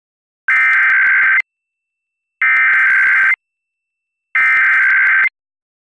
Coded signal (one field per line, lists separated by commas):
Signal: Emergency Alert System (SAME) tones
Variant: header bursts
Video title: EAS During Work It Out Wombats (3-29-23 WMPB-DT1) (REAL FOOTAGE) HQ AUDIO